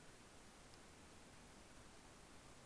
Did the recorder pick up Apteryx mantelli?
no